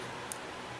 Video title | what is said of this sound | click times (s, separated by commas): Consew P1255RB Sewing Machine for Canvas, Marine, and Car Upholstery | little click right there that means it's engaged in the check spring | 0.3 s